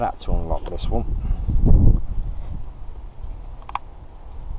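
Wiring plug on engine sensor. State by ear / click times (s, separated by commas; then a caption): released / 3.8 s. Someone talks while rocking a plastic connector on an engine sensor and pushing down its locking tab. A short, sharp pop at 3.8 s marks the wiring plug coming free, released from the sensor.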